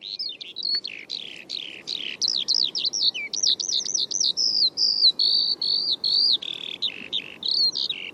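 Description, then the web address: Bird giving rapid, continuous high chirps, sharp slurred notes repeated with little pause. "Bird Only"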